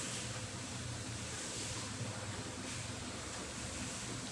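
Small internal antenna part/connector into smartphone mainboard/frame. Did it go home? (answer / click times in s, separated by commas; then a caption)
no / none. During reassembly of a Sony Xperia M2 Aqua being repaired for a microphone that won't record sound, a small internal part that barely holds, likely the antenna contact or connector, is handled against the phone's mainboard or frame. Only a steady broadband hiss with a low hum is heard throughout, with no distinct sudden sounds. Nothing has seated or clicked yet.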